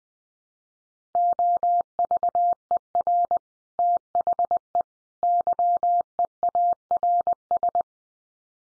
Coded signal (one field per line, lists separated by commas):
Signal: Morse code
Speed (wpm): 20 wpm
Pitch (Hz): 700 Hz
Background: none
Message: OVER THE YEARS